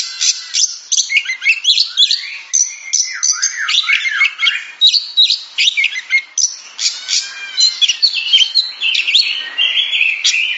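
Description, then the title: Oriental magpie-robin song, a fast, continuous run of varied chirps, squawky notes and short whistled slides with no pauses. Champion singing bird. "Kicau Burung Kacer Juara"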